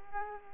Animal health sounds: mosquito wingbeat signal from an infrared sensor; Aedes aegypti

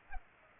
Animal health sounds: mosquito wingbeat signal from an infrared sensor; Culex pipiens

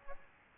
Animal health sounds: mosquito wingbeat signal from an infrared sensor; Aedes albopictus

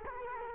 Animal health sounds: mosquito wingbeat signal from an infrared sensor; Culex quinquefasciatus

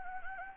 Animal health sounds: mosquito wingbeat signal from an infrared sensor; Anopheles gambiae

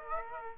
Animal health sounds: mosquito wingbeat signal from an infrared sensor; Aedes aegypti

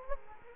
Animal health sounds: mosquito wingbeat signal from an infrared sensor; Culex quinquefasciatus

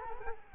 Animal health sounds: mosquito wingbeat signal from an infrared sensor; Culex quinquefasciatus

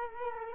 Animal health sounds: mosquito wingbeat signal from an infrared sensor; Culex quinquefasciatus

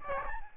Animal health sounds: mosquito wingbeat signal from an infrared sensor; Aedes albopictus

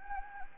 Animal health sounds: mosquito wingbeat signal from an infrared sensor; Anopheles gambiae

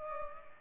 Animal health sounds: mosquito wingbeat signal from an infrared sensor; Culex pipiens

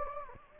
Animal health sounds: mosquito wingbeat signal from an infrared sensor; Anopheles gambiae

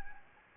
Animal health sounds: mosquito wingbeat signal from an infrared sensor; Anopheles gambiae

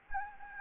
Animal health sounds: mosquito wingbeat signal from an infrared sensor; Anopheles gambiae

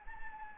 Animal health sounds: mosquito wingbeat signal from an infrared sensor; Anopheles gambiae

